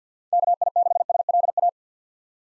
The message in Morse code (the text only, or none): KI6SLA